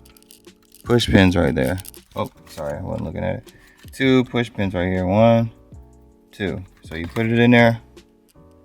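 A plastic interior light housing, held by two push pins, is handled at the opening in a car's headliner trim while someone talks, with a few faint small clicks near the start and end. Nothing has seated or clicked into place yet.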